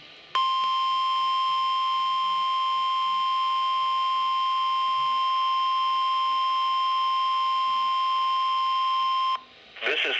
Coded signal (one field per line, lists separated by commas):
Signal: Emergency Alert System (SAME) tones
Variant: 1050 Hz attention tone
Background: speech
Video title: Required Weekly Test On WXL40 7/21/21 (EAS #763)